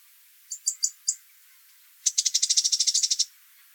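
Bird calling with four high, sharp ticks, then a fast dry rattle of many even pulses lasting just over a second.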